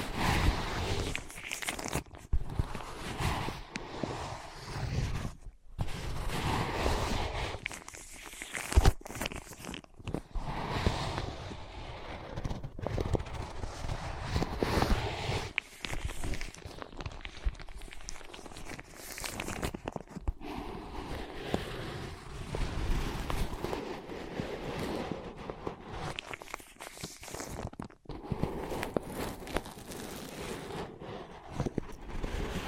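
Ear pads are tapped, scratched and traced in a dense, continuous stream of soft rubbing and muffled knocking. The sound is mostly low and full, swelling and thinning unevenly, with brief quiet breaks near 6, 9, 20 and 28 seconds.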